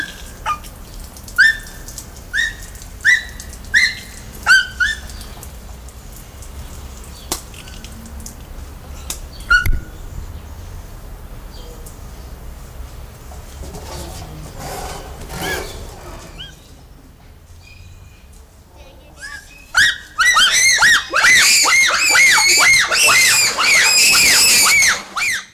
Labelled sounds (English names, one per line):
Bonobo